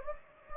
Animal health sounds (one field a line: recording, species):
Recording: mosquito wingbeat signal from an infrared sensor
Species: Anopheles gambiae